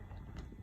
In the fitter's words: doğrultuda çok zorlamadan yaptık çevirdikten Sonra bakın kilitlendi